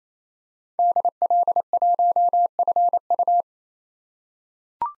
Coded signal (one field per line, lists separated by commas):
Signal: Morse code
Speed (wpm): 27 wpm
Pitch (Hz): 700 Hz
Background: none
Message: DL1FU